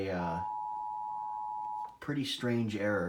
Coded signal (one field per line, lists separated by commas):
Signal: Emergency Alert System (SAME) tones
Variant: 853 and 960 Hz attention tone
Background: speech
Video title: National Emergency Alert System Test 2018 FAIL!